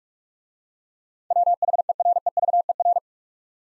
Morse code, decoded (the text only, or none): WHEREVER